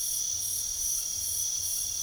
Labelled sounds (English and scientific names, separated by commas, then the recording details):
none
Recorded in pastures near Puerto Asís, Putumayo, Colombia, on 9 March 2025 at 03:00
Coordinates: 0.497, -76.327
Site G072